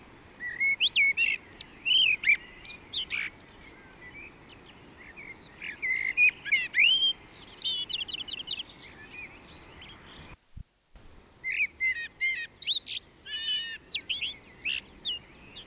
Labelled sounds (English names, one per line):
Common Blackbird song